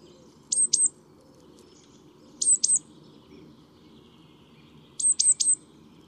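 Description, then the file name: Great tit calling in brisk clusters of two to four thin, high, downslurred notes, spaced a few seconds apart over a constant low background rumble. "Parus major"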